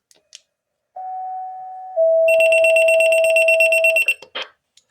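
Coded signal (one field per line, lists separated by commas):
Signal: two-tone page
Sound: one steady tone for a second, a slightly lower tone, then fast warbling alert beeps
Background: small room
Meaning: The tone pair selects the pager, which then opens its speaker for a dispatch announcement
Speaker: Now the radio remains silent until the tones go off and then it will open up the speaker and then the tones will announce whatever announcement there is. So I have this set to 154.570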